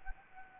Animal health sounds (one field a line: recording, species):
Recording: mosquito wingbeat signal from an infrared sensor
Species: Anopheles arabiensis